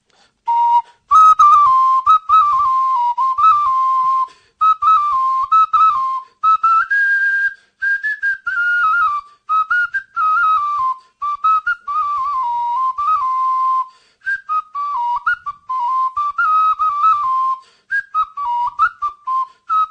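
A traditional horn plays a lilting folk tune alone, its clear, reedy high notes gliding up and down in steady phrases separated by short breaths.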